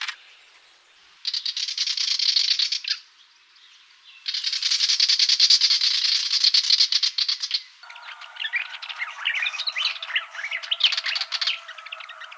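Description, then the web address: Willie wagtail scolding in two long bursts of dry, rapid rattling chatter separated by a short pause, followed by a varied stretch of chirps and whistled notes. Garden bird recorded in Canberra gardens. "canberra-garden-birds fantails willie-wagtail"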